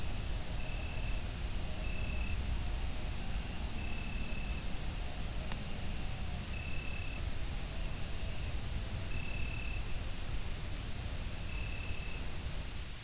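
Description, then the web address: Crickets in a continuous high pulsing chorus, with a softer second caller giving brief trills every couple of seconds over low background noise. "fuchi grillons"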